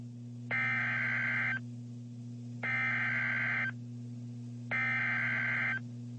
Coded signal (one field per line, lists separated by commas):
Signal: Emergency Alert System (SAME) tones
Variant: header bursts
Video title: Streamed Double Header Severe Thunderstorm Warning (EAS Alert #529-530)